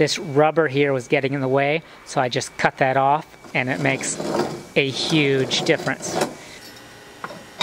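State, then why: Seated. In a van, a metal locking lever on a sliding seat base, whose rail runners have just been oiled, is pushed down into the seat base track while someone talks. A short metallic clink at 7.2 s marks the slide lock dropping into place, locking the seat unit so it cannot move.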